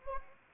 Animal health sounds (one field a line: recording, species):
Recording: mosquito wingbeat signal from an infrared sensor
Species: Anopheles arabiensis